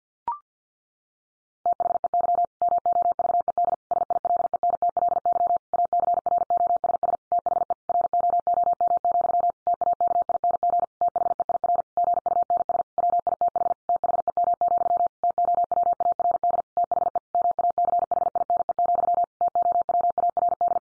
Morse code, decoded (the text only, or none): THEY MOVED SILENTLY ACROSS THE ROOM, TAKING THEIR GUNS WITH THEM, TOWARD THE MACHINE, TOWARD